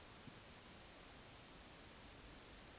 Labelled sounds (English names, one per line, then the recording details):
Eurasian Woodcock whistle
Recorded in Baden-Württemberg, Germany, on 11 June 2021 at 20:30 UTC
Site 24606, 635 m above sea level